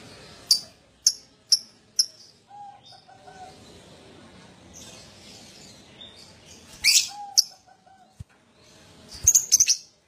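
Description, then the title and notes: Lovebird twittering: a few sharp high chirps, soft chattering and squeaks, then a brief shrill burst. Adult lovebird, gacor (in full, steady song), owor owor style. "LOVEBIRD GACOR OWOR OWOR. Lovebird Dewasa"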